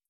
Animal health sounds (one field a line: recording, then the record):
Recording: hydrophone in a shrimp aquaculture tank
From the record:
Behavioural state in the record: starved